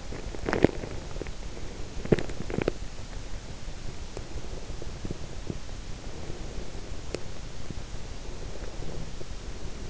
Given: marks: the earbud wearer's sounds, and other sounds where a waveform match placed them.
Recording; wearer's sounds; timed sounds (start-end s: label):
sounds in sleep by an in-ear microphone; body movement
0.00-3.22 s: body movement